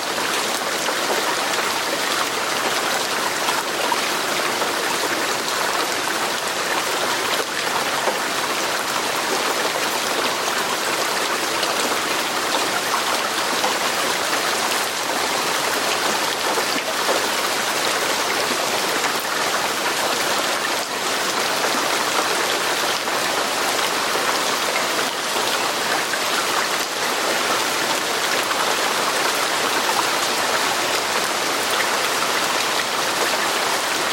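Steady rain falls with a dense, even hiss, thick with fine patter and no real breaks over the whole stretch. A constant rush like running water sits underneath, bright, with only slight swells in the wash of sound.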